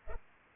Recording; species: mosquito wingbeat signal from an infrared sensor; Culex pipiens